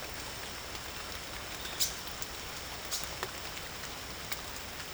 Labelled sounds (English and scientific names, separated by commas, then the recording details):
none
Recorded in secondary vegetation near Puerto Asís, Putumayo, Colombia, on 22 December 2024 at 18:00
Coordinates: 0.489, -76.322
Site G059